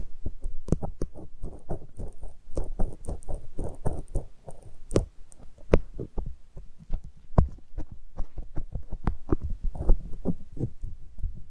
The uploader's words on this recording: Ultra-fine ear touch, immersive experience.